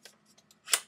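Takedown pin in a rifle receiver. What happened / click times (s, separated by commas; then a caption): The pin snapped out into its open detent position / 0.7 s. A takedown pin in the receiver of a Magpul PTS Masada ACR rifle is pushed in a little, then pulled out to free the front section so the battery can be installed. A few faint ticks at about 0.1, 0.4 and 0.5 seconds lead to one sharp, bright click at 0.7 seconds as the pin snaps into its open position, releasing the front section.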